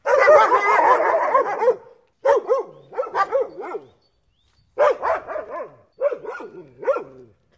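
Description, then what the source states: Dog barking: a rapid run of excited barks, then a pause and several clusters of a few sharp barks, each rising and falling in pitch. Stray dog barking on the street.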